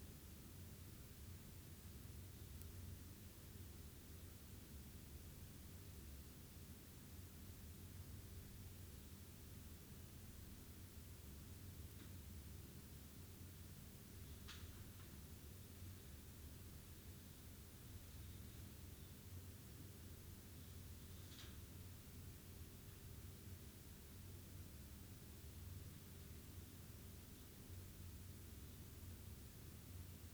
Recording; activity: daily activity, guitar pickup as the sensor; stand